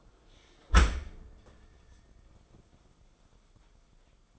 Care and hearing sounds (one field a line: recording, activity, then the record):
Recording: daily activity, microphone in the room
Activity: close dishwasher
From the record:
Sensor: 5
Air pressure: 994.5 hPa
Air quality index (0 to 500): 195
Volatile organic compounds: 1000 ppm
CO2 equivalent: 5751 ppm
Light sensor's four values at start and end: 45/138/54/59 and 45/138/54/59